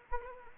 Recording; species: mosquito wingbeat signal from an infrared sensor; Anopheles arabiensis